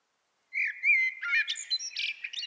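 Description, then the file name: Common blackbird song, a mellow whistled phrase sliding and wavering, then breaking into squeaky, scratchy twittering notes. "Turdus merula"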